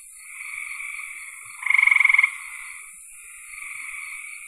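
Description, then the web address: Frog chorus with one loud rapid pulsed trill in the middle, flanked by fainter trilling frogs and a constant high hiss. "cn frogs"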